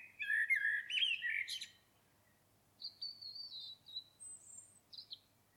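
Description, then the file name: Common blackbird sings a short loud fluty warble with a squeaky finish, then a run of quieter, very high thin whistled notes. "Turdus merula"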